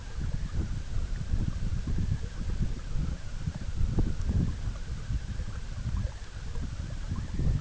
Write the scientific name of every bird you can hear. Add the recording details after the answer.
none. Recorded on Arctic tundra, site EABA-MC, on 20 June 2019. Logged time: 14:00